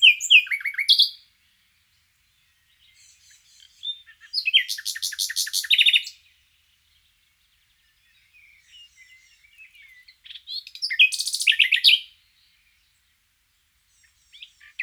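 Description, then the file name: Common nightingale singing in bursts: a chattering phrase, then two separate rapid trills of repeated loud notes, with quiet twittering between and long silent gaps. "Luscinia megarhynchos"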